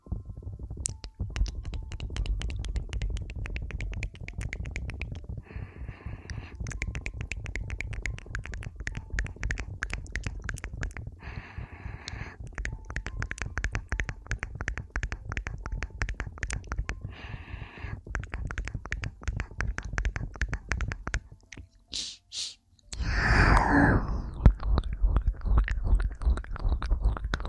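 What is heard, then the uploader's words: Wet ear eating and licking sounds crackle densely and rapidly throughout, pausing briefly near twenty-two seconds before a louder, rougher burst. ASMR Ear Eating & Licking Intense Aggressive.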